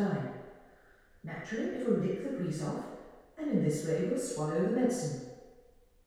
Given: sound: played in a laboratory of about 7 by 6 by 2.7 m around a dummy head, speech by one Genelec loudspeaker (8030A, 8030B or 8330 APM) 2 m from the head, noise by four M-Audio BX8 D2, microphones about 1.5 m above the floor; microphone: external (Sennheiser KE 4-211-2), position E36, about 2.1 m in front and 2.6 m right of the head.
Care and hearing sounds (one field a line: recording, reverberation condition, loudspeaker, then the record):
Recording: female speech in English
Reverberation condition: high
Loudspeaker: 120 degrees to the right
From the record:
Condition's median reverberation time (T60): about 1300 ms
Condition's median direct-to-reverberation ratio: about -4.0 dB